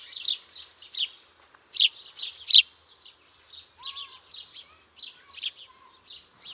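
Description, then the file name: House sparrow chirping in short bright bursts, irregular clusters with brief pauses, plus a faint low whistled note near the middle. "Passer domesticus"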